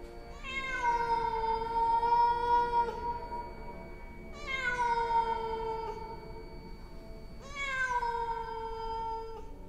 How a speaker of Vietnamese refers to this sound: Vào thời khắc tôi cảm thấy chán nản, thì bỗng nhiên là con mèo. Con mèo của nhà Thu, nó kêu lên thảm thiết.